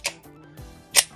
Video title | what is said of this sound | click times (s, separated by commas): FTT100 - Week 8 - Final | Now that it is locked, you can see that the trigger is now forward. | 1.0 s